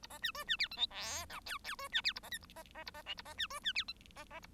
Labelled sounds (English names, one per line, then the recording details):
Bengalese Finch song
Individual Bird1